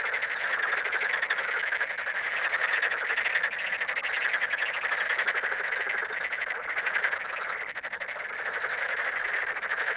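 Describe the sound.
Toad: steady chorus of many toads, rapid pulsed trills overlapping into a constant buzzing drone with no pauses.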